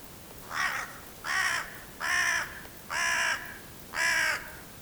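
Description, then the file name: Carrion crow giving five harsh, hoarse caws in a steady series, about one every 0.9 seconds, over a steady background hiss. "Corvus corone"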